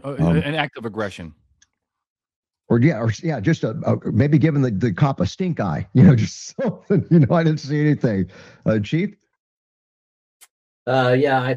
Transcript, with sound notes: An act of aggression.
Or, yeah. Or, yeah, just a, a, maybe giving the cop a stink eye. You know, just something. (laughs) You know, I didn't see anything. Uh, Chief?
Uh, yeah.